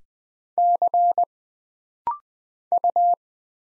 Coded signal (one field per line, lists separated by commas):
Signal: Morse code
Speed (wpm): 20 wpm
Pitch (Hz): 700 Hz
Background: none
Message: C U